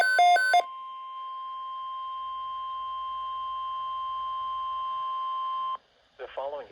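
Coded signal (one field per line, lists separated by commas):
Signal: Emergency Alert System (SAME) tones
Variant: 1050 Hz attention tone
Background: speech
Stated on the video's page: NOAA Weather Radio broadcast of a Tornado Watch for Delaware, Maryland, New Jersey and Pennsylvania.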